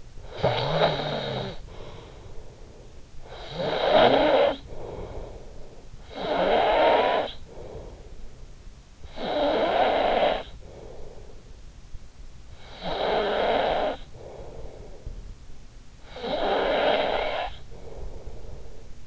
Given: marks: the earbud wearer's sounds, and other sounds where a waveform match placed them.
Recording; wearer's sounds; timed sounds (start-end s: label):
sounds in sleep by an in-ear microphone; snoring breath
0.15-2.87 s: snoring breath
3.18-8.64 s: snoring breath
8.78-12.04 s: snoring breath
12.41-15.50 s: snoring breath
15.79-19.07 s: snoring breath